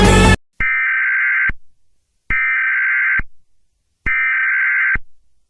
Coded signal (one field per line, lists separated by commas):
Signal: Emergency Alert System (SAME) tones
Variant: header bursts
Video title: EAS scenario 20: revolta do indonesia